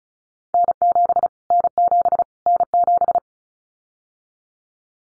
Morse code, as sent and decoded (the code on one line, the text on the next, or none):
-. --... / -. --... / -. --...
N7 N7 N7